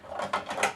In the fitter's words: and it's locked into place